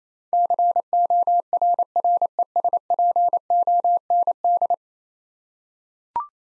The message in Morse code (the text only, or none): CORRESPOND